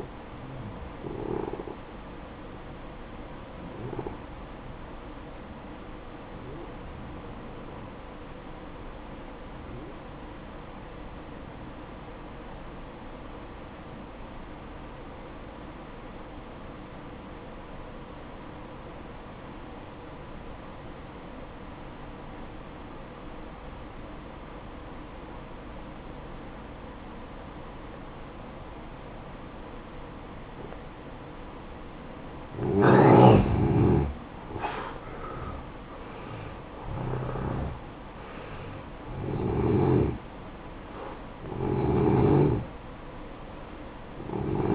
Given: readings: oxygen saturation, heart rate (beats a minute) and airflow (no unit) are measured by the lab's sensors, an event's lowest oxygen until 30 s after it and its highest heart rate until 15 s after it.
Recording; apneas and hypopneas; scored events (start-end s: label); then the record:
breathing in sleep by a voice recorder at the bedside; 1
5.00-33.70 s: obstructive apnea (N1, oxygen 94% highest, then 87% lowest, heart rate 58 at the start, 70 highest)
From the record:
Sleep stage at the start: N1 (lightest sleep); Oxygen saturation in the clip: 86 to 94%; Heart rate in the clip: 55 to 67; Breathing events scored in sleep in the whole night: 573 in 9.8 hours asleep